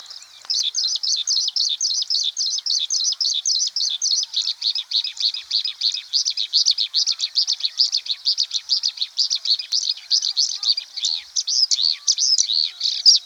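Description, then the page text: Oriental skylark song: a continuous, fast, high stream of twittering and trilled notes, pouring out without pause for the whole stretch. "Oriental Skylark Song - Quick Sounds"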